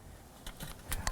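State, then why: Seated. A folding arm on a QuikrStuff Mach 2 hitch bike rack is spread open from its folded position by hand, with no tools, until it reaches its stop. A few soft knocks are heard, then a sharp metallic click at 1.1 s as the metal latch locks the arm into place. Someone talks.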